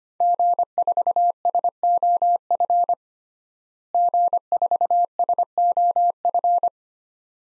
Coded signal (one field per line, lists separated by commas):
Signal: Morse code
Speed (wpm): 25 wpm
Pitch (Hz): 700 Hz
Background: none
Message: G4SOF G4SOF